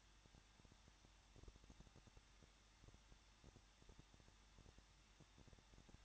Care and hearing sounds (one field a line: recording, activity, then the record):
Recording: daily activity, microphone in the room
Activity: no activity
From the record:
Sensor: 3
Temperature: 21.2 degrees Celsius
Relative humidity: 36.3%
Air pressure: 1006.2 hPa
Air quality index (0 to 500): 221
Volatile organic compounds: 41 ppm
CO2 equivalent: 3160 ppm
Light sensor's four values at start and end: 2/3/2/2 and 2/3/2/2